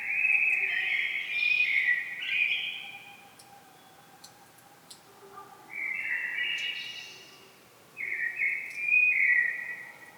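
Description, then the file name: Common blackbird song with rich whistled phrases broken by a quiet gap; a soft low hum runs beneath. "Turdus merula"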